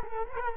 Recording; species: mosquito wingbeat signal from an infrared sensor; Culex quinquefasciatus